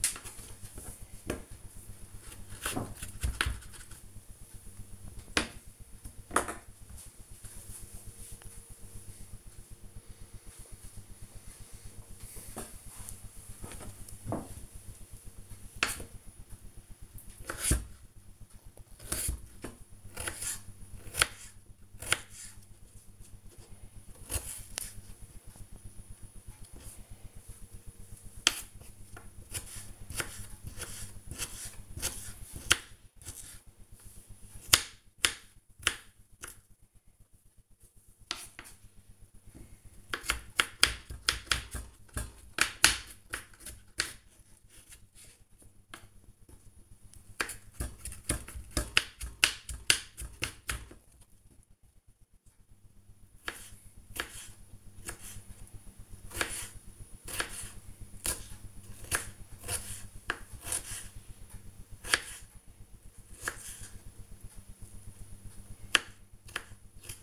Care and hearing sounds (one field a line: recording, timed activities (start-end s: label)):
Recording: household activities, microphone on the right wrist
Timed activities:
0.00-5.10 s: cutting vegetables
12.17-67.23 s: cutting vegetables